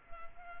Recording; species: mosquito wingbeat signal from an infrared sensor; Culex quinquefasciatus